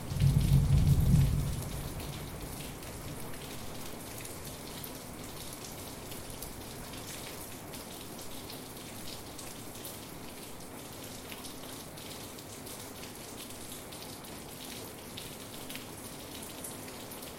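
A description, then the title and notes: A thunderstorm: a low rumble of thunder fades out over the first second or two, leaving steady rain. The rain stays even and dense to the end, a soft constant hiss with fine, rapid patter of drops and a faint low drone beneath. A soundscape of thunderstorm recordings.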